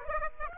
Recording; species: mosquito wingbeat signal from an infrared sensor; Aedes aegypti